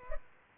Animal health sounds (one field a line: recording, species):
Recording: mosquito wingbeat signal from an infrared sensor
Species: Culex pipiens